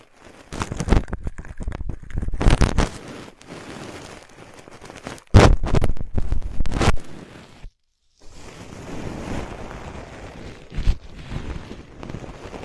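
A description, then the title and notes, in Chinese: Ear picking: scratchy, rubbing strokes come in uneven bursts, loudest around the first, third and sixth seconds. The sound cuts out completely for half a second near eight seconds, then returns as a softer, steady rustle with another sharp scrape near eleven seconds. 姐姐抠耳朵催眠。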